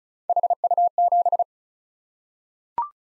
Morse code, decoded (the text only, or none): HU7